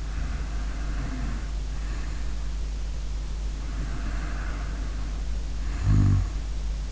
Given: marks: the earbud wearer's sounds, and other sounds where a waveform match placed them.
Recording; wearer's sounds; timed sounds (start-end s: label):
sounds in sleep by an in-ear microphone; snoring breath
0.00-2.78 s: snoring breath
3.60-6.29 s: snoring breath